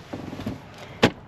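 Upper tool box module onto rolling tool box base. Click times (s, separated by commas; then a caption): 1.0 s. A plastic upper tool box module from a modular rolling tool box system is set on top of the lower base box in a truck bed and latched. Soft handling and scraping sounds from about 0.1 to 0.6 s are followed by a sharp, loud click at 1.0 s as the box seats into place.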